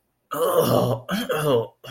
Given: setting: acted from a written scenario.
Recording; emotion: vocal sound without words; disgust